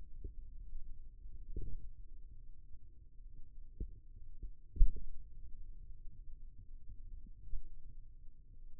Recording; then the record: forearm muscle sounds (acoustic myography)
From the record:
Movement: finger pinch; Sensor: system 2, bracelet of six BSWA MPA416 microphones around the upper forearm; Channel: 2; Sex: male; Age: 22 years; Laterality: right